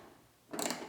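A click-type torque wrench tightens a bolt on the rear door check (door breaker) of a T-boned Honda CR-V. After about half a second of quiet, a burst of bright metallic ratcheting begins at 0.5 s, with a sharp click at 0.6 s and another at 0.7 s. The wrench clicks at its torque setting at 0.6 s.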